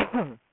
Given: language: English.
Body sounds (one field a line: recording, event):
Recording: throat vibration sensor signal played as sound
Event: cough